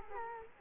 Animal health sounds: mosquito wingbeat signal from an infrared sensor; Culex quinquefasciatus

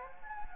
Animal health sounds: mosquito wingbeat signal from an infrared sensor; Anopheles gambiae

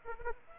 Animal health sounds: mosquito wingbeat signal from an infrared sensor; Aedes aegypti

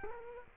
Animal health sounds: mosquito wingbeat signal from an infrared sensor; Culex quinquefasciatus

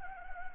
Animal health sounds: mosquito wingbeat signal from an infrared sensor; Anopheles gambiae

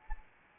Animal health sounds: mosquito wingbeat signal from an infrared sensor; Anopheles arabiensis

